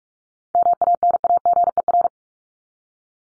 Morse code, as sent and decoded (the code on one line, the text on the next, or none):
-- .- -. .- --. . .-.
MANAGER